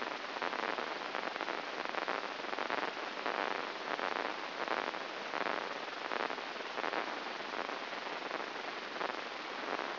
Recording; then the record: brain microelectrode recording played as sound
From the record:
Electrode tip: inside the subthalamic nucleus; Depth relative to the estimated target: 0 mm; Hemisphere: right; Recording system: AlphaMap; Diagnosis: Parkinson's disease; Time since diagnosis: 12 years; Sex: female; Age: 47 years